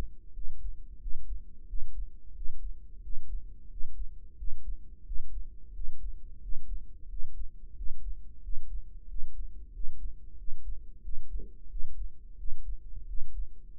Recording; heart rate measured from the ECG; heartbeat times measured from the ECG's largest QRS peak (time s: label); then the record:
heart sounds by microphone in the right ear; 90 bpm
0.35 s: heartbeat
1.01 s: heartbeat
1.68 s: heartbeat
2.36 s: heartbeat
3.03 s: heartbeat
3.71 s: heartbeat
4.38 s: heartbeat
5.06 s: heartbeat
5.74 s: heartbeat
6.42 s: heartbeat
7.10 s: heartbeat
7.77 s: heartbeat
8.43 s: heartbeat
9.09 s: heartbeat
9.74 s: heartbeat
10.38 s: heartbeat
11.04 s: heartbeat
11.70 s: heartbeat
12.39 s: heartbeat
13.08 s: heartbeat
From the record:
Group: healthy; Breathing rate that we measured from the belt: 18 breaths a minute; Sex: male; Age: 21 years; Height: 175 cm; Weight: 72.6 kg